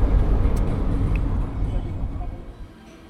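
Inside a moving bus travelling to Almaty: a steady, deep engine rumble and road noise, with small brief rattles on top, gradually softening over the final second.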